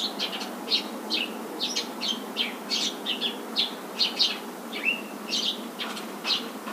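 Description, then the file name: Eurasian tree sparrow chirps, quick irregular chatter of short high notes with a few downslurred calls, steady hiss underneath. "suzume"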